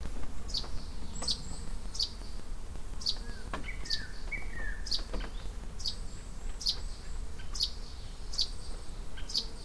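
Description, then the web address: Russet sparrow song: a steady run of sharp high chirps about every second, with a few lower bird notes and a soft background hiss. Recorded on 31 May 2015 at Iou-no-sato. "saezuri nyuunaisuzume 20150531 iounosato"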